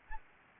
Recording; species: mosquito wingbeat signal from an infrared sensor; Anopheles gambiae